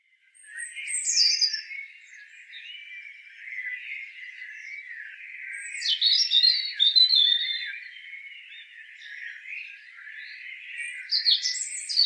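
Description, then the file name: European robin song: high, squeaky descending phrases recurring roughly every five seconds, separated by a constant, lower-pitched twittering warble. "Erithacus rubecula"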